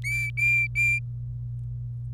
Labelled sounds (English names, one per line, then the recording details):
Domestic Canary song
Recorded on 25 April 2018 at 17:29
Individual llb3